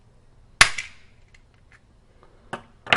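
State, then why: Released. Circlip pliers inserted into the seam of a factory-glued plastic car key shell are squeezed, and at 0.6 s the glued halves break apart with a loud, sharp pop, followed by faint small clicks and rattles. Louder handling snaps come at about 2.5 s and 3.0 s, and the shell ends up cracked open.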